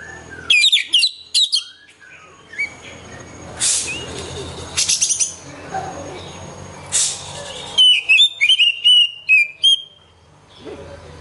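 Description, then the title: Oriental magpie-robin whistling in short, broken phrases between loud rustling and clattering noises, ending with a brisk burst of varied notes. "Kacer"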